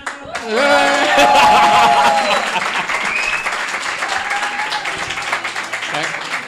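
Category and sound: crowd, audience applause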